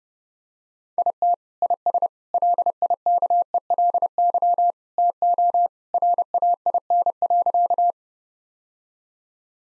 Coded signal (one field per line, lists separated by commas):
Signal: Morse code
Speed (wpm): 30 wpm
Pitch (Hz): 700 Hz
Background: none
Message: IT IS LIKELY TO RAIN.